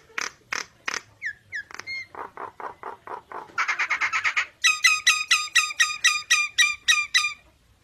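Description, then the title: Nias hill myna song: rhythmic loud notes, a few slurred whistles, a harsh rasping stretch, then a rapid run of bright ringing whistles about four per second. Energetic 'gacor' singing with a very loud 'super gledek' voice, used as master material for tutoring songbirds. "Burung Jalak Nias Gacor Suara Super Gledek Untuk Masteran"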